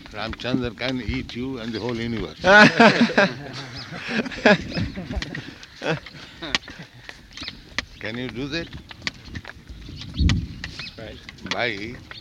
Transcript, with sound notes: Rāmacandra can eat you and the whole universe. [laughter] Can you do that? By...